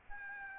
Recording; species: mosquito wingbeat signal from an infrared sensor; Aedes albopictus